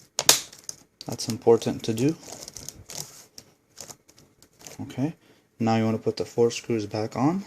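The plastic keyboard of a Toshiba Satellite L755D-S5163 laptop, set in ends first and pressed down from each side, snaps into its palmrest frame clips with two loud, sharp snaps at 0.2 and 0.3 seconds. It is seated in place. Softer small clicks follow while someone talks for the rest of the clip.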